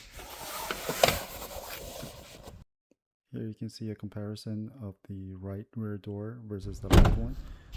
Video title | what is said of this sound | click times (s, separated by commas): Living in a bubble Ford Transit Rear Window Cover Review + Temperature check | and then you can hear it click into place. | 0.7 s, 1.0 s, 1.1 s